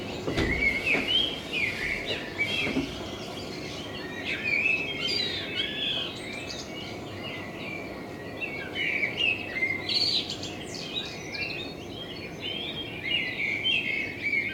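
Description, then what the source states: Common blackbird: a long sequence of rapid chirping and warbling phrases, uneven in rhythm, with a steady hiss and a few soft thumps early on. Blackbird in front of the recordist's window; binaural recording with a homemade dummy head, meant for headphone listening.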